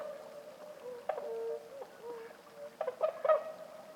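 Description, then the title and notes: Bewick's swans in soft conversational calling: drawn-out nasal notes, then a cluster of sharper yelps near the end. About forty birds at a night roost, Lac du Der, Champagne, France, 6 January 2019, after 2 a.m.; fog and drizzle; sentinels call at disturbances on shore; paired MKH20 microphones, Nagra Seven. "Lac du DER. Cygnes de Bewick (Cygnus bewicki)"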